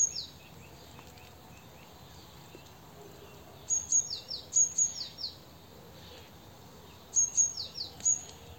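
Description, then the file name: Great tit: two bursts of high thin notes with down-slurred tails, separated by a few seconds of quiet hiss. "Parus major"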